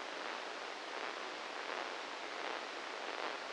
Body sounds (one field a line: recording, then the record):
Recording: brain microelectrode recording played as sound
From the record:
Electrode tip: inside the subthalamic nucleus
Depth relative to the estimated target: -1 mm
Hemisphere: right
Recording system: NeuroSet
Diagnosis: Parkinson's disease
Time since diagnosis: 10 years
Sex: male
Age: 56 years